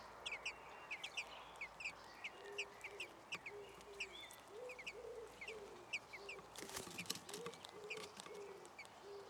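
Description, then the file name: Common blackbird calls, short high hooked notes repeated steadily, over a background hiss with low soft notes underneath. "Turdus merula"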